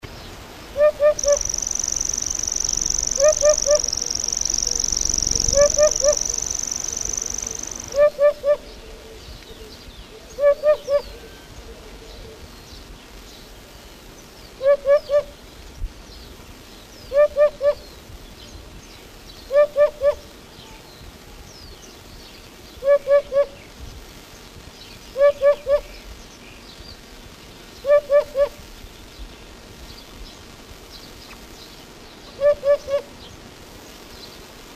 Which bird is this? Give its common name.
Eurasian Hoopoe